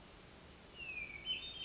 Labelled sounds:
Hermit Thrush
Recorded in Sonoma County, California

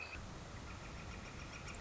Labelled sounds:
Northern Flicker
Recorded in Sonoma County, California

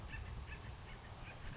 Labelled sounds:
Acorn Woodpecker
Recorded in Sonoma County, California

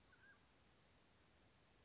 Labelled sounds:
Mountain Quail
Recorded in Sonoma County, California

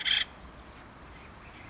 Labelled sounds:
Acorn Woodpecker
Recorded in Sonoma County, California

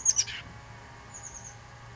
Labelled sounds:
Chestnut-backed Chickadee
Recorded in Sonoma County, California

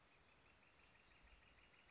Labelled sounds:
Northern Flicker
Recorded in Sonoma County, California

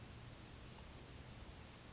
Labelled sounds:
California Towhee
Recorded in Sonoma County, California

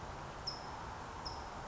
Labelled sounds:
California Towhee
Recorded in Sonoma County, California

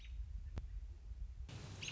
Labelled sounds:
American Robin
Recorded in Sonoma County, California

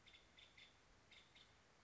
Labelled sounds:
Nuttall's Woodpecker
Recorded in Sonoma County, California

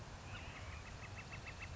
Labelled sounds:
Northern Flicker
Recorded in Sonoma County, California

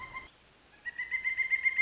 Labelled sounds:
Pileated Woodpecker
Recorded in Sonoma County, California

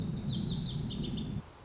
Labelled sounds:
Lazuli Bunting
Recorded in Sonoma County, California

